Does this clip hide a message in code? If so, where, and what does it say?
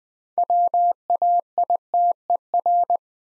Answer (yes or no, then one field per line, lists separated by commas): yes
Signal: Morse code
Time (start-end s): 0.4-3.0 s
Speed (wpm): 20 wpm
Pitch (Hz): 700 Hz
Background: none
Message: WAITER